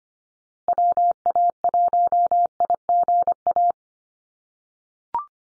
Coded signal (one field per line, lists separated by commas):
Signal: Morse code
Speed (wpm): 25 wpm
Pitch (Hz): 700 Hz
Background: none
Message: WA1IGA